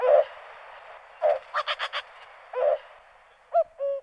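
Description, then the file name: Cuckoo call: low hooting notes, a few single ones spaced apart, ending in a two-note cu-coo, with a quick burst of higher notes midway. "cuculus"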